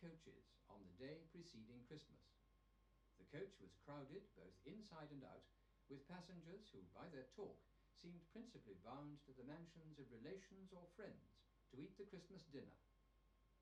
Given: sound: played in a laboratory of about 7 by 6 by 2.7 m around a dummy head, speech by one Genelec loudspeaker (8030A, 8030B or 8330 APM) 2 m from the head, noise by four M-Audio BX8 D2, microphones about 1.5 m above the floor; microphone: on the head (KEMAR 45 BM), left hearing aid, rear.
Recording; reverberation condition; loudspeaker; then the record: male speech in English; low; 120 degrees to the right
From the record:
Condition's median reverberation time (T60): about 310 ms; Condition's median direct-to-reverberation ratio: about 3.5 dB